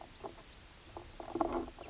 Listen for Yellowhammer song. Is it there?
no